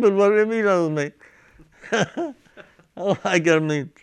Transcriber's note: laughs